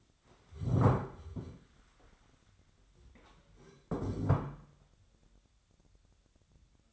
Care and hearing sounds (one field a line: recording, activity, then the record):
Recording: daily activity, microphone in the room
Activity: stand up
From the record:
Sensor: 3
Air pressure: 1015.2 hPa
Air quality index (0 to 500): 148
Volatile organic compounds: 8 ppm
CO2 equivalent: 2094 ppm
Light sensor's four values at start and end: 15/38/15/16 and 14/38/15/16